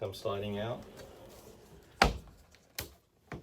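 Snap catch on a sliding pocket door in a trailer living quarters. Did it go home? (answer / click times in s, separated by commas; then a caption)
yes / 2.0 s. In a horse trailer's living quarters, a snap catch on a sliding pocket door is pushed in so the door cannot slide open during travel. Someone talks, then a sharp snap sounds at 2.0 s as the catch seats, followed by a few fainter clicks. The snap latch is pushed closed and seated.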